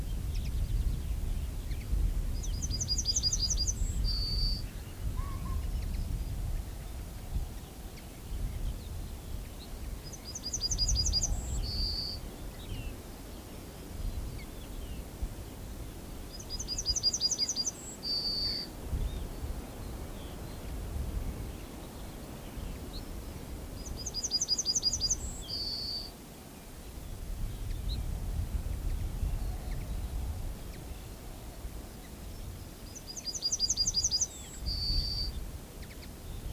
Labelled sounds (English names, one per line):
Yellowhammer song